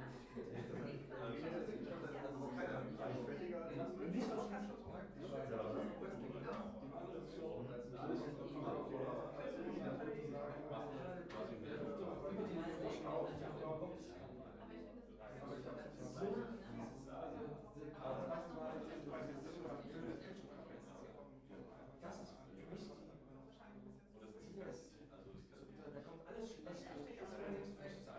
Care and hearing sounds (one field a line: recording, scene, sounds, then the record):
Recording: everyday scene through a hearing-aid microphone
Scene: many people talking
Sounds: many voices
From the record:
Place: bistro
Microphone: behind the ear, right, rear